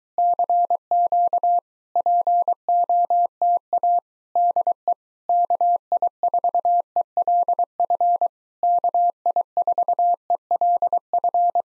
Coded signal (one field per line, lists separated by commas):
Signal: Morse code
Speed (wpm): 23 wpm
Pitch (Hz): 700 Hz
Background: none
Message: CQ POTA DE KI4ELF KI4ELF